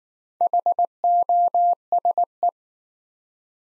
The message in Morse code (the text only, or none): HOSE